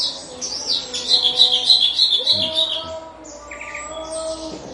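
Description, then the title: Horsfield's bush lark song, high twittering notes in a rapid rhythmic run, then softer lower chirps; a low hum runs through. Recorded in Situbondo, East Java, Indonesia. "Branjangan Javanica Ktp Situbondo Jatim"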